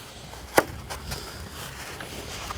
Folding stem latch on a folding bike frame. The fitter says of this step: ensuite ça se verrouille avec ce truc